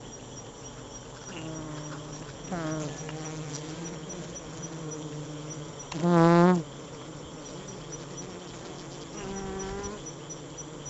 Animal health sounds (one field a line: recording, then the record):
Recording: honeybee defence experiment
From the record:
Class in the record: attack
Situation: Africanized honeybees under attack by Camponotus atriceps ants